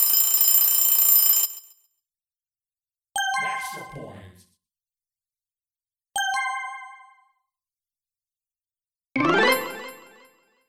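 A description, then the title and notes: Four separate bright game sound effects play about every three seconds, each a short burst of ringing, chiming tones separated by complete silence. Fruit hoops - Sound fx (vertical scrolling game).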